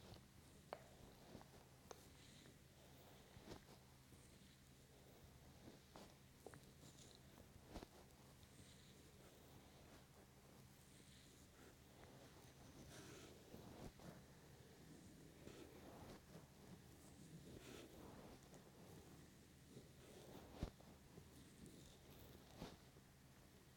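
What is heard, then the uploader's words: Hands rub lotion over the ears in a soft, continuous massage, with slick rustling and muffled cupping sounds. Small sharp clicks and pops come every second or so. A steady low hum runs underneath throughout, and the rubbing thickens slightly around the middle. ASMR Ear Lotion Ear Massage Ear Cupping.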